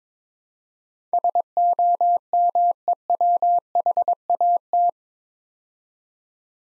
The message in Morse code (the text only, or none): SOMEWHAT